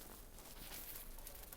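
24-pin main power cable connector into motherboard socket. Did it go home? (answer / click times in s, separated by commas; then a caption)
no / none. A 24-pin plastic ATX main power cable connector, whose latch is slightly lifted and not properly seated, is handled at the motherboard socket before being pushed home. Only handling noise and two brief ticks at about 1.3 and 1.5 seconds are heard. Nothing has seated or clicked yet.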